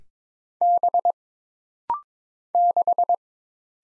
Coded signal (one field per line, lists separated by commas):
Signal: Morse code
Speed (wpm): 23 wpm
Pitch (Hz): 700 Hz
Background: none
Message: B 6